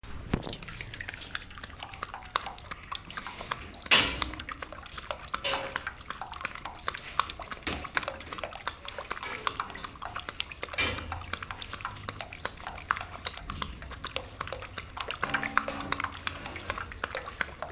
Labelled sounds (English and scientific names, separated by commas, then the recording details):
Sun Bear (Helarctos malayanus)
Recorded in captivity
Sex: male
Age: adult
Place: Tierpark Berlin, Berlin, DE
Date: 1967-07-02
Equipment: R 20/2, Sennheiser MD 421
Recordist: Tembrock, Günter
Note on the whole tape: Zungentrinken ("Adam" nicht für alle typisch). Abstand 50 cm